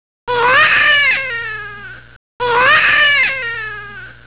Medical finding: Baby cry newborn.